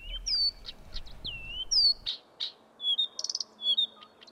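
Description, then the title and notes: Blyth's reed warbler song: a quick mix of high whistled slurs, sharp chips and a short buzzy trill, with faint low rumble at the start. Song made of mimicked phrases, such as those of wagtail and barn swallow. "Viitakerttunen. Pertti Koskimies. Marko Melto"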